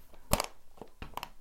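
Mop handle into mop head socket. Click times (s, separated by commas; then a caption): 0.3 s. A mop handle is pushed into the plastic socket of a mop head after its collar has been loosened all the way. A loud sharp pop at 0.3 s, with a quick follow-up click at 0.4 s, marks the handle seating. Two softer clicks follow around 1.2 s.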